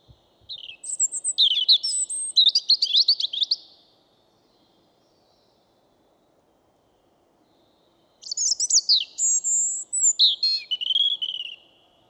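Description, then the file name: European robin delivering two rich phrases of varied, very high trills and warbles, rising and falling quickly, with a quiet pause of several seconds between them. "Erithacus rubecula"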